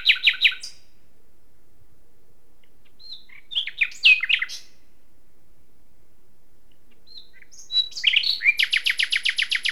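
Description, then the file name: Common nightingale singing in separated phrases: a short burst of repeated notes, quiet scratchy twitters, then a fast run of many evenly repeated notes. "Luscinia megarhynchos"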